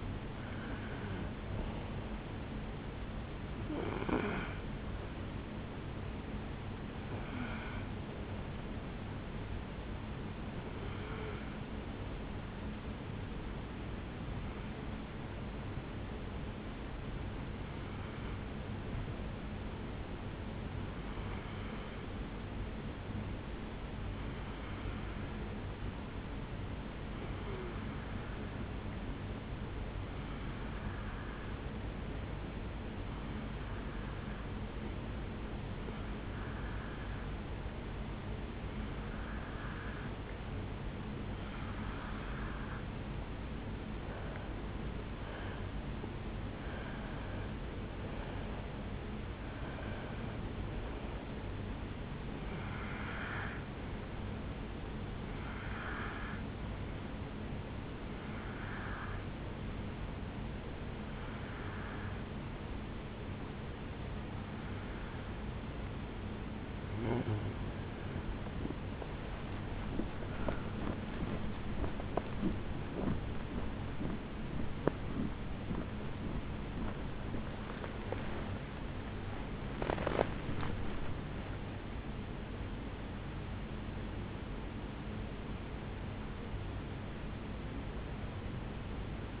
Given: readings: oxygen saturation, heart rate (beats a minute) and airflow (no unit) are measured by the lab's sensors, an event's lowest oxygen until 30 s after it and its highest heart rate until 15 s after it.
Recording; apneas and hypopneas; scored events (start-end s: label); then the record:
breathing in sleep by a voice recorder at the bedside; 2
4.00-64.00 s: new sleep stage, N1 (lightest sleep)
8.00-42.60 s: hypopnea (N1, oxygen 96% highest, then 90% lowest, heart rate 64 at the start, 75 highest)
56.00-71.80 s: hypopnea (N1, oxygen 95% highest, then 95% lowest, heart rate 70 at the start, 73 highest)
64.00-89.40 s: awake
64.00-89.40 s: new sleep stage, awake
From the record:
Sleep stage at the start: N2 (light sleep); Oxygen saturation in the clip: 90 to 97%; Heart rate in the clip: 58 to 75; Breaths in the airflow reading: 28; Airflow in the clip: -7.4 to 10.9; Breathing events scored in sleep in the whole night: 449 in 7.0 hours asleep